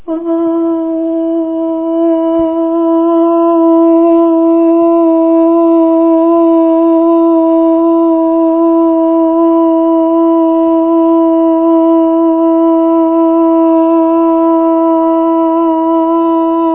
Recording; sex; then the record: sustained vowel /a/; female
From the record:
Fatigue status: no fatigue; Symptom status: symptomatic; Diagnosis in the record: COVID-19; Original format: 3gp